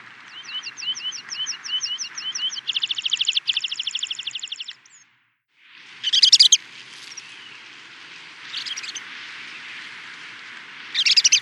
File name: rodstrupig piplarka